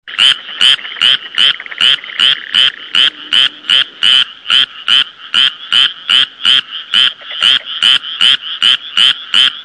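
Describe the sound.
Frog giving a continuous series of rasping croaks, each short and buzzy, evenly paced at roughly two to three per second throughout.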